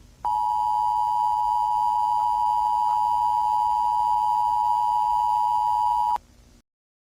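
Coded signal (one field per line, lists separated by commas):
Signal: Emergency Alert System (SAME) tones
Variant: 853 and 960 Hz attention tone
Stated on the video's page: Fictional analog horror EAS.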